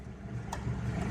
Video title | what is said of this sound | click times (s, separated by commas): CAT Controller Installation: Sample Line Tubing Into Sample Vessel | and we want to make sure it's locked into place. It's a twist lock. So our flow sensor's plugged in. | 0.5 s